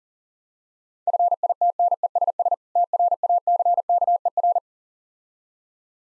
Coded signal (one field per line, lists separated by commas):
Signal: Morse code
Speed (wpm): 40 wpm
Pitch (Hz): 700 Hz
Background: none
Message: FITNESS TRACKER